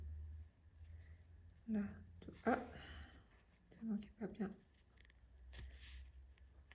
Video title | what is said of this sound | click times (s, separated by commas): Pit Stop Hebdo#13 | Alors ça clipse bien. | 6.7 s